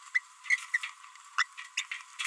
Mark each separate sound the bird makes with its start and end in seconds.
0.15-0.19, 0.46-0.65, 0.74-0.90, 1.38-1.43, 1.58-1.66, 1.77-1.82